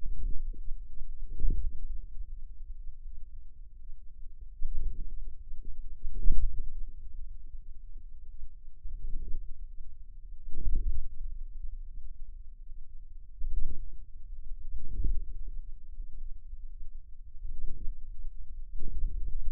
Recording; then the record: forearm muscle sounds (acoustic myography)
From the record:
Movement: hand closing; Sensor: system 2, bracelet of six BSWA MPA416 microphones around the upper forearm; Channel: 5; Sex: female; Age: 23 years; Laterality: right